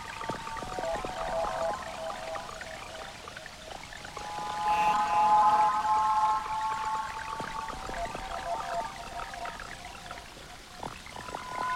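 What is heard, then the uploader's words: Processed water fountain sound mixed with synthesizer tones: a steady pouring, trickling wash runs throughout, dotted with scattered clicks. Sustained mid-pitched tones hum above it, swelling louder and brighter around the middle before settling back. Excerpt from improvised sound performance at Institute of Visual Art, Milwaukee, WI. Live processing of the sound of a water fountain located in a public plaza was mixed together with field recordings and synthesizer sequences to create an ambient soundscape that was performed and played back in the same public space.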